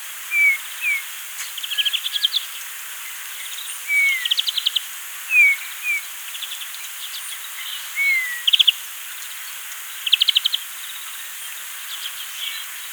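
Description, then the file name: Eurasian bullfinch uttering gentle falling whistles every second or two, mixed with thin, rapid trilled phrases from other birds in the background. "Pyrrhula pyrrhula"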